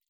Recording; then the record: hydrophone in a shrimp aquaculture tank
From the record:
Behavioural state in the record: weakened